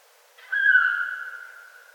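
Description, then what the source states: Red fox call: a single drawn-out, high note that starts loud and slowly fades over about one and a half seconds, in otherwise quiet surroundings. Recorded at night; January 8, 2013.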